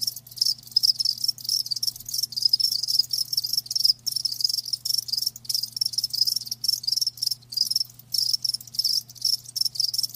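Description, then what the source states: Cricket giving dense, high trilling chirps in long runs with occasional short breaks, a low hum steady in the background. Live crickets chirping; a lulling song.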